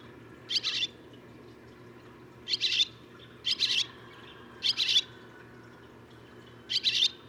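Barn swallow calling with short doubled chirps, at intervals of one to two seconds, over a low steady hum.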